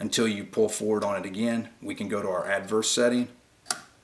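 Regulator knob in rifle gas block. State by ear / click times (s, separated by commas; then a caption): seated / 3.7 s. A regulator knob in a rifle gas block is pulled forward and turned to the adverse setting while someone talks. The speech stops, and a single sharp click at 3.7 s marks the knob locking into the adverse setting.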